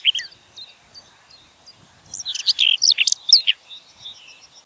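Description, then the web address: Common whitethroat song, a few thin notes followed by one brief, hurried phrase of scratchy, jumbled chattering notes, then a few faint thin notes. "geluiden grasmus zang"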